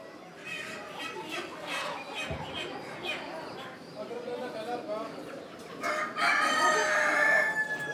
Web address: Morocco sound library by Faunethic Market for chicken hen and bird outdoor, voices and activity